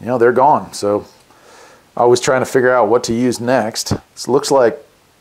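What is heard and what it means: An antenna element is handled near the plastic body of a Fivestar FSA 5812 indoor TV antenna during assembly while someone talks. The element has not snapped into place yet; nothing has seated or clicked in this clip.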